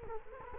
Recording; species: mosquito wingbeat signal from an infrared sensor; Culex quinquefasciatus